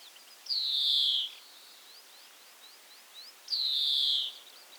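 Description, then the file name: European greenfinch: two drawn-out, buzzy, downslurred wheezes from a European greenfinch, with a run of faint short rising notes in the gap between them. "Chloris chloris"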